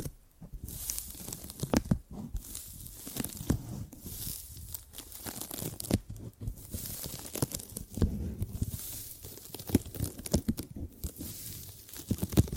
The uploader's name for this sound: Gripping and Grabbing Sounds